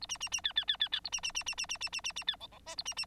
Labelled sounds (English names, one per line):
Bengalese Finch song